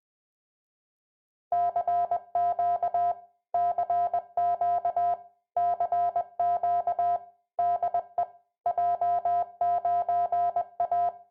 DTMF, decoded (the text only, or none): none